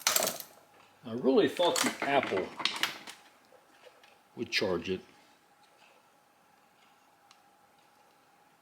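A USB-C charging plug from a worn Apple charger is pushed all the way into an ICON LED flashlight's charging port; the charger is probably worn out, and the plug has not snapped in or seated, so the light does not charge. A few sharp taps sound near the start, someone talks, and a faint tick comes near 7.3 seconds before the clip goes quiet.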